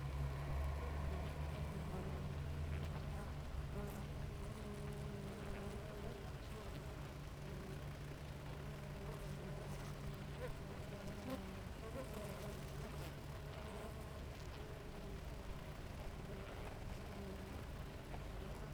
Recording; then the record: honeybee colony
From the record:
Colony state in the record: active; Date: 28 July 2017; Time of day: 6:35